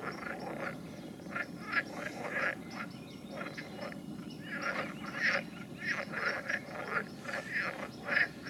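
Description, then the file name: Frogs croaking in an uneven chorus of short, harsh pulses, several overlapping, over a constant low hiss. "Nature Recordings - Frogs"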